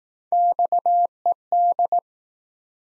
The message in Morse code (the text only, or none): XED